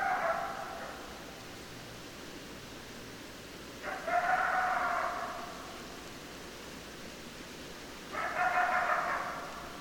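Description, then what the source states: Coyote calls: three calls, each about a second long, spaced roughly four seconds apart over steady background hiss. Several coyotes, recorded 10 December 2012.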